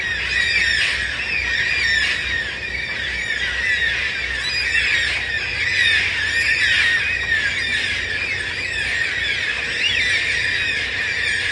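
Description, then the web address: Yellow-tailed black cockatoos in a loud flock chorus, harsh drawn-out screeches overlapping without pause, a steady wall of calling. Hundreds wheeling overhead at dawn before settling in surrounding bloodwood and blackbutt trees, 14 November, gloomy with rain holding off; calling very loud, about 100 decibels up close. "Yellow-tailed Black Cockatoos screaming, 14 Nov"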